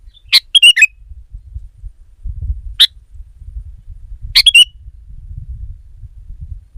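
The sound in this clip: Sooty-headed bulbul calling with a quick bubbly phrase, a single sharp note, then another phrase, over a steady low rumble.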